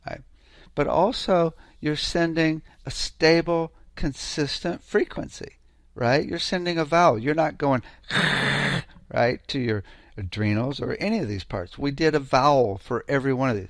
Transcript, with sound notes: But also, you're sending a stable, consistent frequency, right? You're sending a vowel. You're not going (static noise) right? To your adrenals or any of these parts. We did a vowel for every one of these.